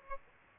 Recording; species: mosquito wingbeat signal from an infrared sensor; Aedes aegypti